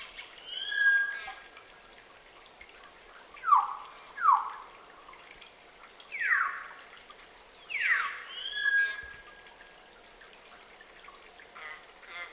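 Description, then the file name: Common hill myna producing a varied series of whistles and sharp downslurred notes, several separate bursts spread throughout, with a steady high background hum. "Gracula religiosa"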